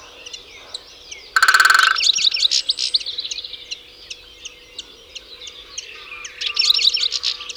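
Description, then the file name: European goldfinch chatter of light tinkling notes, interrupted early by one loud, harsh buzzing burst, then the quick twittering resumes and swells again near the end. "Carduelis carduelis"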